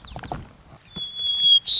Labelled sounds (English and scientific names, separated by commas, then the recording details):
White-crowned Sparrow (Zonotrichia leucophrys)
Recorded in Sonoma County, California